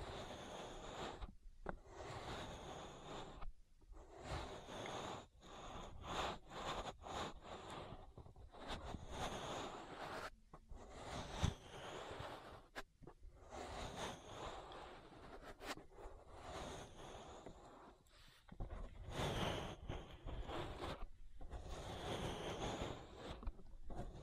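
An ear massage: dense, scratchy rubbing and brushing strokes fill most of the clip, their hiss reaching from low rumble to bright crackle. Short quiet gaps break the strokes every second or two, and a sharp tap lands around eleven seconds.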